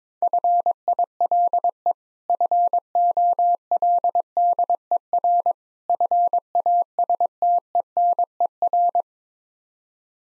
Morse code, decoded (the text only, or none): FILE FOLDER FASTENER